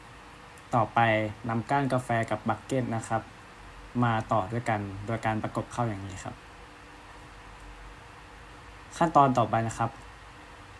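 A metal portafilter is brought up to an espresso machine's group head and pressed against it, lined up before being twisted in, while someone talks, with a brief sharp sound at about 0.6 s. The portafilter has not yet seated or clicked into the group head.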